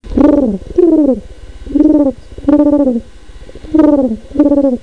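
Pigeon cooing: low hoarse coos, each slurring downward, given in three pairs.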